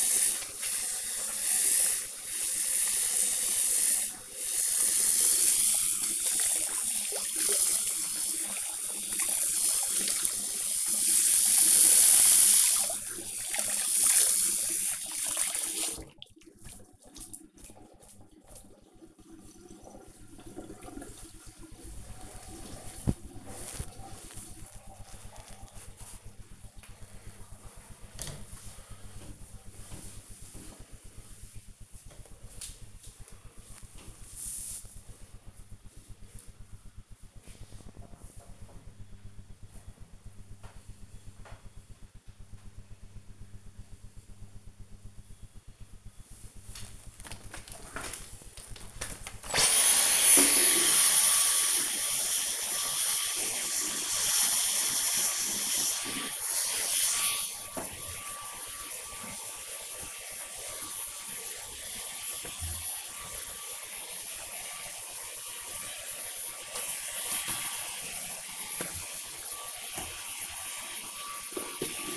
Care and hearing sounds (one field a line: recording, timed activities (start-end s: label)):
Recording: household activities, microphone on the right wrist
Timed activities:
0.00-19.05 s: washing hands
46.26-72.17 s: vacuum cleaning